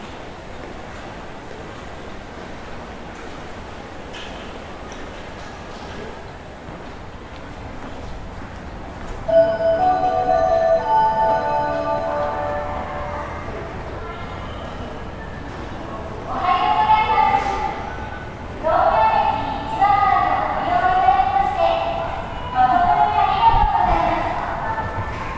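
Tokyo ambience, opening with a steady low rumble and murmur. Near ten seconds a clear, ringing melodic tone enters, and from about seventeen seconds louder amplified voice-like phrases come in bursts until the end.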